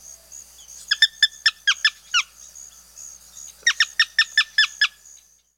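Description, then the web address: Sora giving two bursts of sharp, clipped notes in rapid series, about seven notes each, with a faint steady high-pitched hum behind. Chicago region. "Birds of the Chicago Region. Sora"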